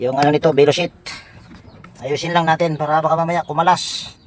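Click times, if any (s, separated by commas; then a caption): none. A drive belt is fitted onto the motor pulley of a twin tub washing machine during reassembly, held with a hand and a foot and adjusted so it will not come off. Someone talks throughout, with a few faint handling sounds in the quiet gap around 1.5–1.9 s. The belt has not locked into place yet; nothing has seated or clicked.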